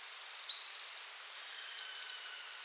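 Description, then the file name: Marsh Tit call: one bright upslurred note trailing into a level whistle, followed by a higher thin note and a second short call. "Poecile palustris"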